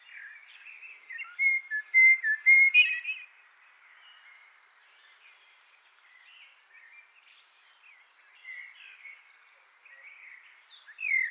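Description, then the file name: Eurasian blackbird giving a flowing whistled phrase of rich, warbled notes, followed by quieter, scattered soft notes and a final louder note. "Turdus merula"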